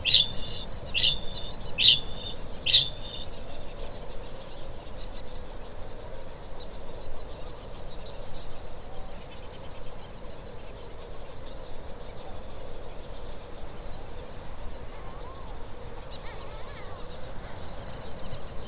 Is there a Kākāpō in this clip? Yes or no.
yes